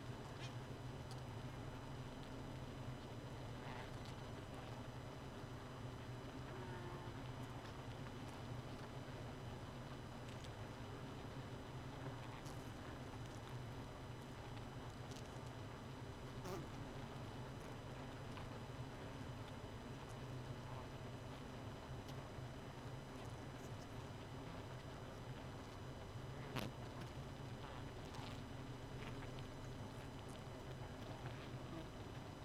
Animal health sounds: honeybee colony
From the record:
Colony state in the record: missing queen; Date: 31 May 2018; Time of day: 2:27

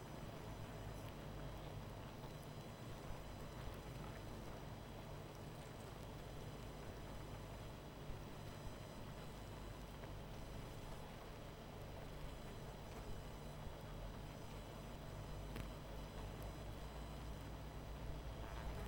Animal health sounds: honeybee colony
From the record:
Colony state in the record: missing queen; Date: 14 July 2017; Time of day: 20:33

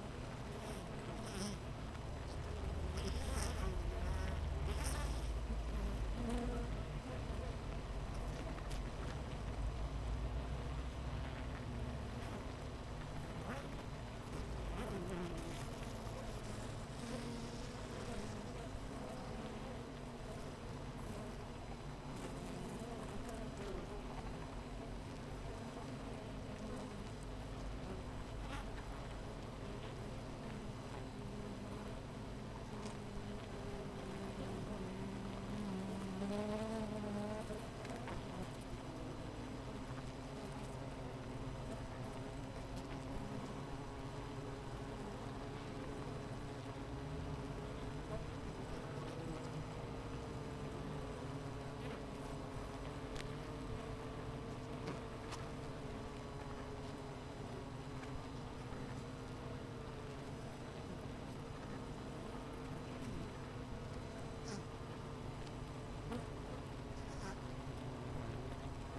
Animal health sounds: honeybee colony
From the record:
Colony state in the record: missing queen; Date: 14 July 2017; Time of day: 8:18

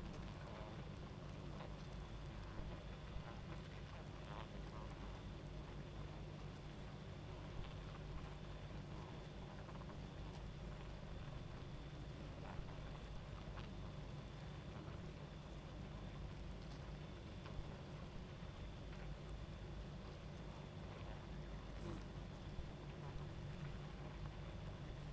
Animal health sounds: honeybee colony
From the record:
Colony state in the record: active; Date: 28 July 2017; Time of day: 23:50

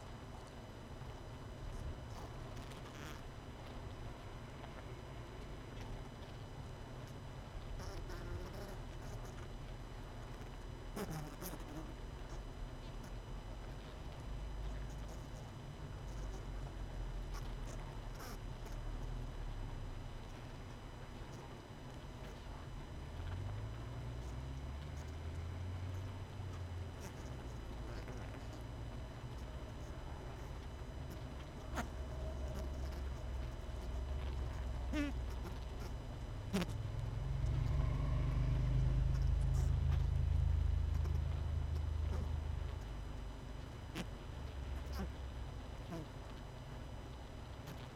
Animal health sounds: honeybee colony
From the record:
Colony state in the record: missing queen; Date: 31 May 2018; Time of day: 19:23

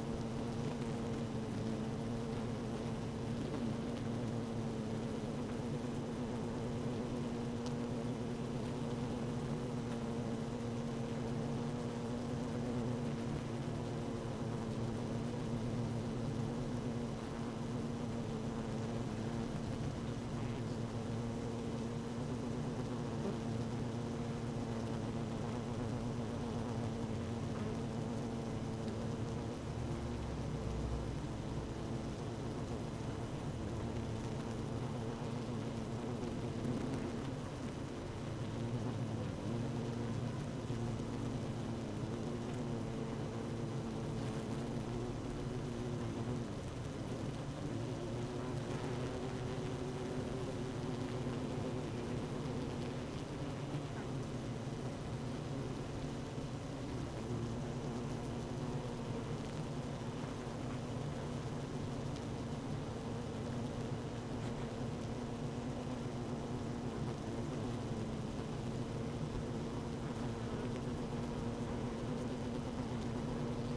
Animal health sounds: honeybee colony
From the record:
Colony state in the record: active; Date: 12 June 2018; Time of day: 15:54

